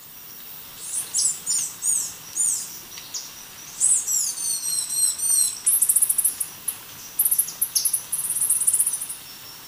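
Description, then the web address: Glistening-green tanager calls: very high thin slurred notes in quick series, turning into faster, buzzier high trills toward the end. Recorded in Ecuador. "Natures Songs S America Birds of Ecuador Glistening-green Tanager"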